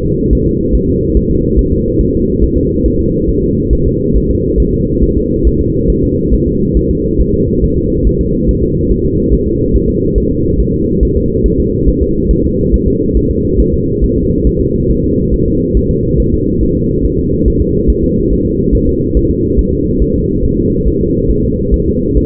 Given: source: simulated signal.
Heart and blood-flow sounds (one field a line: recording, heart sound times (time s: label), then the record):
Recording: fetal heart sounds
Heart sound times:
0.05 s: S2
0.33 s: S1
0.47 s: S2
0.75 s: S1
0.89 s: S2
1.17 s: S1
1.31 s: S2
1.59 s: S1
1.73 s: S2
2.01 s: S1
2.15 s: S2
2.44 s: S1
2.58 s: S2
2.86 s: S1
3.00 s: S2
3.29 s: S1
3.43 s: S2
3.73 s: S1
3.87 s: S2
4.17 s: S1
4.31 s: S2
4.60 s: S1
4.74 s: S2
5.04 s: S1
5.18 s: S2
5.47 s: S1
5.61 s: S2
5.90 s: S1
6.04 s: S2
6.34 s: S1
6.48 s: S2
6.77 s: S1
6.91 s: S2
7.21 s: S1
7.35 s: S2
7.64 s: S1
7.78 s: S2
8.07 s: S1
8.21 s: S2
8.49 s: S1
8.63 s: S2
8.92 s: S1
9.06 s: S2
9.34 s: S1
9.48 s: S2
9.76 s: S1
9.90 s: S2
10.18 s: S1
10.32 s: S2
10.60 s: S1
10.74 s: S2
11.03 s: S1
11.17 s: S2
11.46 s: S1
11.60 s: S2
11.88 s: S1
12.02 s: S2
12.31 s: S1
12.45 s: S2
12.74 s: S1
12.88 s: S2
13.17 s: S1
13.31 s: S2
13.60 s: S1
13.74 s: S2
14.04 s: S1
14.18 s: S2
14.47 s: S1
14.61 s: S2
14.91 s: S1
15.05 s: S2
15.34 s: S1
15.48 s: S2
15.77 s: S1
15.91 s: S2
16.20 s: S1
16.34 s: S2
16.63 s: S1
16.77 s: S2
17.05 s: S1
17.19 s: S2
17.48 s: S1
17.62 s: S2
17.90 s: S1
18.04 s: S2
18.33 s: S1
18.47 s: S2
18.75 s: S1
18.89 s: S2
19.17 s: S1
19.31 s: S2
19.59 s: S1
19.73 s: S2
20.02 s: S1
20.16 s: S2
20.45 s: S1
20.59 s: S2
20.87 s: S1
21.01 s: S2
21.31 s: S1
21.45 s: S2
21.74 s: S1
21.88 s: S2
22.17 s: S1
From the record:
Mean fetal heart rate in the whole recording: 140 bpm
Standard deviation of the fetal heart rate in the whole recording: 2 bpm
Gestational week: 34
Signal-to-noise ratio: -10.2 dB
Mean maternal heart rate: 72 bpm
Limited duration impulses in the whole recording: present